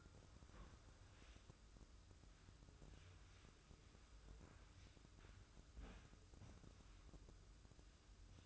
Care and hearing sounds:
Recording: daily activity, microphone in the room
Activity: wipe stove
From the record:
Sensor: 2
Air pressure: 995.9 hPa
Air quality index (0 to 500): 90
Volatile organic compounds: 4 ppm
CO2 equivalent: 1658 ppm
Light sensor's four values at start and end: 24/79/31/29 and 25/81/32/31

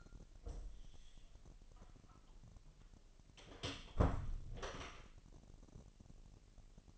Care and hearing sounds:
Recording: daily activity, microphone in the room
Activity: close door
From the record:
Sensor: 4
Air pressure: 1002.1 hPa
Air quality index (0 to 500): 249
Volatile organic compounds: 41 ppm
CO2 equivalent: 3172 ppm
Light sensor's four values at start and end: 9/20/8/7 and 9/21/8/7

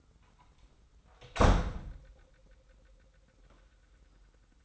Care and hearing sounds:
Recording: daily activity, microphone in the room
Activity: close door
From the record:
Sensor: 3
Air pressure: 990.4 hPa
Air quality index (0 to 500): 176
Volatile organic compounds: 1000 ppm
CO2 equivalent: 5696 ppm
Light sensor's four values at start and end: 48/114/47/44 and 49/114/47/44

